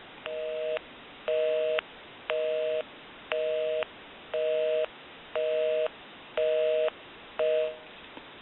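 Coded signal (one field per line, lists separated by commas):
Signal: telephone call progress tone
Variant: North America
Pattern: busy tone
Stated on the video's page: Heard on a Stromberg Carlson 554 rotary wall telephone during initial checkout and repair.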